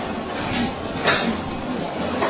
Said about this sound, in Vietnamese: đóng dùm thầy cửa